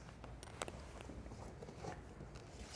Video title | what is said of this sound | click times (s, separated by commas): BAR N0NE White Glove Unboxing - Hurom Elite Slow Juicer HH-SBB11 Noble Silver | on the top of your juicer and then lock into place | 0.6 s